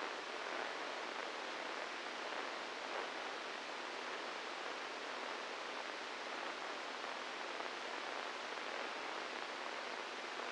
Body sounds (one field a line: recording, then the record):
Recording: brain microelectrode recording played as sound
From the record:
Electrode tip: inside the subthalamic nucleus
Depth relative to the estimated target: 1 mm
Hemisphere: right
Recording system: NeuroSet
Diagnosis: Parkinson's disease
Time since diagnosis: 8 years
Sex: male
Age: 46 years